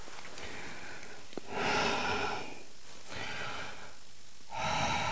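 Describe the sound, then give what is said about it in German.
Slow, audible breaths drawn in and let out, three broad airy swells rising and fading with soft pauses between, a small click just before the first, no talking. “Also lassen Sie Ihren Atem ein- und ausströmen.”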